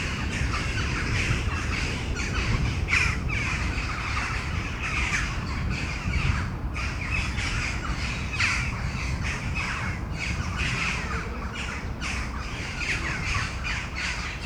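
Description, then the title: Crows calling, rough, grating caws scattered throughout, some in short runs, over constant low background noise. Crows before a storm at Domaine de Tivoli, Mechelen, Belgium; Sony PCM-M10 internal microphones. "Domaine de Tivoli, Malines, Belgique, Belgium - Corneilles avant lorage - Crows before the storm"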